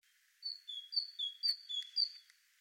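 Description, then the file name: Great tit singing with bright notes alternating high and low, about seven clear whistled notes in a quick two-second phrase, faint background hiss. "Parus major"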